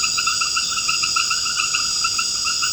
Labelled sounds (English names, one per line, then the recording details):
none
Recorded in secondary vegetation near Puerto Asís, Putumayo, Colombia, on 21 March 2025 at 19:00
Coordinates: 0.488, -76.319
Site G095